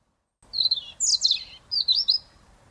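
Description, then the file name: European robin song: three quick high phrases of thin, slurred whistles that wander up and down, with only faint background hiss. "Erithacus rubecula"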